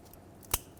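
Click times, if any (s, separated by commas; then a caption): 0.5 s. The electrical connector for the electronic fan clutch on a 2004-2008 Ford F-150 (5.4L) is plugged back into its mating plug by hand during a serpentine belt tensioner replacement. Two faint ticks at 0.1 and 0.5 seconds lead to a sharp plastic click at 0.5 seconds as the latch engages, and the connector is seated.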